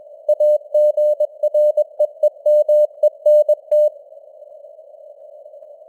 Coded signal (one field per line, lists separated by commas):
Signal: Morse code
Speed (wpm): 21 wpm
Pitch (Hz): 600 Hz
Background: none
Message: AGREEMENT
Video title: Morse Code News | 2025-10-28 | 21wpm